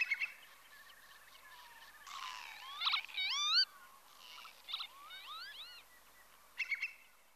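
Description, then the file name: Northern lapwing calls, a few wavy rising-and-falling wheezy notes between short rasping bursts, with quiet gaps between calls. "Tofsvipa"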